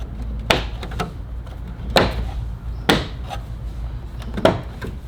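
A plastic front grille section on a BMW M2 G87 is pressed back onto the car's front bumper after its plugs are connected. Its clips snap home in sharp clicks at 0.5, 2.0, 2.9 and 4.5 seconds, with a fainter tap near 1.0 second. The grille is seated.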